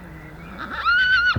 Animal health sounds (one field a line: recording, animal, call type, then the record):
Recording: contact call of a hoofed animal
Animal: Przewalski's horse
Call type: whinny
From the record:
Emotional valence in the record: negative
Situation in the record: naturally occurring agonistic interactions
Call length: 1.38 s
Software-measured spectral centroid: 2290 Hz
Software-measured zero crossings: 2450 a second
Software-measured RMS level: -22 dBFS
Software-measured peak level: -8 dBFS